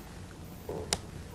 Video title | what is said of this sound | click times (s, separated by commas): Classic Computing Replay Stream | and we unlock it | 0.9 s